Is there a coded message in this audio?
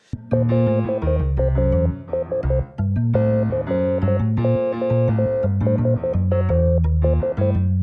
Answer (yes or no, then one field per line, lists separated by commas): yes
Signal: Morse code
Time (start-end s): 0.3-7.5 s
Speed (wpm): 13 wpm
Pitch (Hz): 520 Hz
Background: music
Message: LAS COSAS